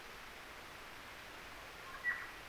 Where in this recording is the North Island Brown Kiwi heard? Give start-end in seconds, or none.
none